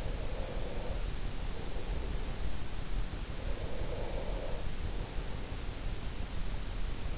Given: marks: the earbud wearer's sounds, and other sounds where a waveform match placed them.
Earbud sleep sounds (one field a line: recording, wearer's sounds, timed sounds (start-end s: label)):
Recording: sounds in sleep by an in-ear microphone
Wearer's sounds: breath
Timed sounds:
0.00-2.25 s: breath
3.29-5.91 s: breath